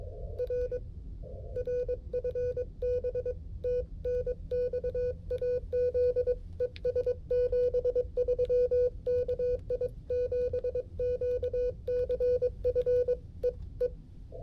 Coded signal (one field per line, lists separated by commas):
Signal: Morse code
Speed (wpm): 23 wpm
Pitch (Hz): 500 Hz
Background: music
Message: R R FB T NX AZ ES 73 KI7QCF E E